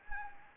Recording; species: mosquito wingbeat signal from an infrared sensor; Anopheles gambiae